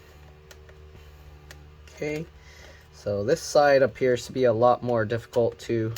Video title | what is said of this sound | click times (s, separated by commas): ASUS ROG Republic of Gamers G701V G701VI-XB72K Disassembly Quick Look Battery Replacement Repair | there we go it's popping you can hear it popping out okay | 0.5 s, 0.7 s, 1.5 s